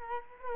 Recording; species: mosquito wingbeat signal from an infrared sensor; Culex quinquefasciatus